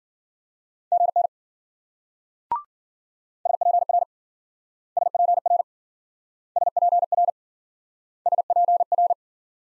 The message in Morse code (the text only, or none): GN SPR SPR SPR SPR